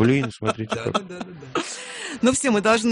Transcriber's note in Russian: смеется